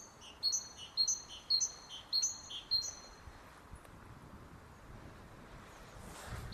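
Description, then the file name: Great tit with a steady series of two-note phrases, high note then lower note, over three seconds, followed by quiet with a soft rushing noise at the end. "Parus major"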